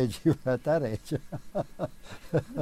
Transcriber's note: chuckles